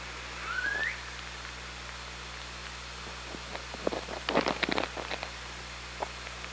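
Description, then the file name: Killer whale call, a short whistled tone sweeping upward, then a dense burst of rapid clicks and pulses, with a few scattered clicks after, over constant underwater hiss and hum. Underwater hydrophone recording, 24 August 2017, about 17:55. "Orca Lab"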